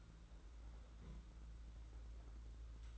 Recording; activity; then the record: daily activity, microphone in the room; place on stove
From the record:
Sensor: 3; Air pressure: 991.9 hPa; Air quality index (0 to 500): 226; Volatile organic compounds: 1000 ppm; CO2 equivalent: 7781 ppm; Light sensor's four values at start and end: 27/80/32/27 and 27/80/32/27